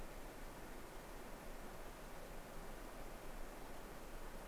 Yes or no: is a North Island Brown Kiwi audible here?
no